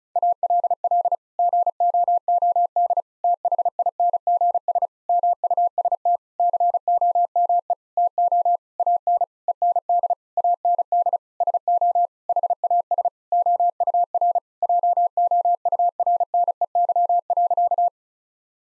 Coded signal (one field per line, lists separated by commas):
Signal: Morse code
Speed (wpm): 36 wpm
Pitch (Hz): 700 Hz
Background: none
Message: ALL GOOD THINGS MUST COME TO AN END AND SO HAS OUR JOURNEY.